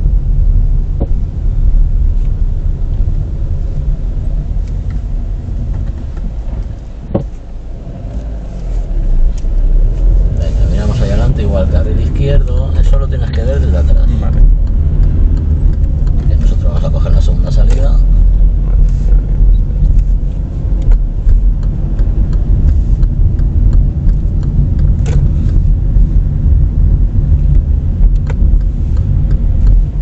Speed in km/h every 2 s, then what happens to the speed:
17, 15, 8, 0, 6, 17, 20, 19, 20, 23, 26, 27, 26, 27, 24.
0-5 slows to 0. 5-7 standing. 7-11 pulls away to 20. 15-21 speeds up to 27. 21-30 steady at about 26.